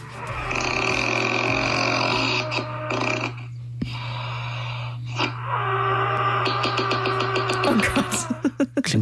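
Loud, harsh snoring from an adult sleeper, with long rasping breaths, ending in a rapid rattling flutter that sounds like a woodpecker, over a steady electrical hum.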